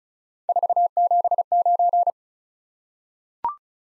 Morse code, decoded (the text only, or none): 479